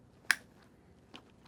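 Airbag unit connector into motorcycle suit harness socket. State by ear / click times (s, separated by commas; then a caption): seated / 0.3 s. The connector of an Alpinestars Tech-Air airbag control unit is pushed into its socket in the motorcycle suit harness and gives a sharp, bright click at 0.3 s, followed by a fainter tick at about 1.2 s. The connector is seated, and a slight tug confirms it won't come out.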